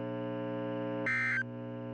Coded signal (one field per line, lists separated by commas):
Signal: Emergency Alert System (SAME) tones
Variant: end-of-message bursts